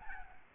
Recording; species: mosquito wingbeat signal from an infrared sensor; Aedes albopictus